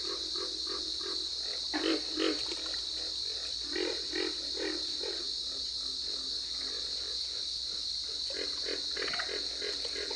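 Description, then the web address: Pig frog grunts in scattered groups of low hoarse pulses, some louder ones early, over a constant high-pitched chorus drone. "Solitudes Frog Song. Pig Frog"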